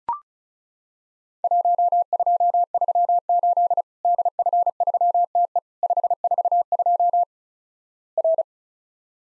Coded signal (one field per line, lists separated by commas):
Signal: Morse code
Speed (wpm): 34 wpm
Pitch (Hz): 700 Hz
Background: none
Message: 1238 DF3TE 542 R